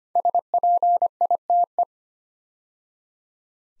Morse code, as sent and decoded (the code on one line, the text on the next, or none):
... .--. .. - .
SPITE